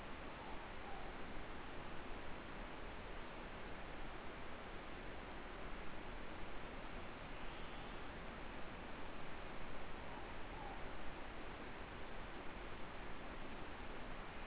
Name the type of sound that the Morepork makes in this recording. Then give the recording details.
more-pork call. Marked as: faintness 4/5, faintness 3/5. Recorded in New Zealand. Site Eglinton